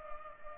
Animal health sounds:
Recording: mosquito wingbeat signal from an infrared sensor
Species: Culex pipiens

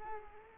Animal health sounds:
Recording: mosquito wingbeat signal from an infrared sensor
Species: Culex quinquefasciatus

